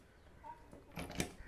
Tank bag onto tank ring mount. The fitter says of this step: it's a tank bag and it has a lock at the bottom so it kind of clicks into place like this